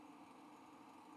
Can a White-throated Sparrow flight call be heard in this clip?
no